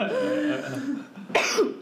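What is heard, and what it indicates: Brief speech followed by a single sharp cough, with some throat clearing in a small room.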